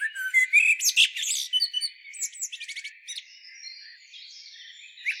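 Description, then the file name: Common blackbird with a quick whistled start running into dense squeaky chatter, then thinning to softer high notes before a final short chirp. "Turdus merula"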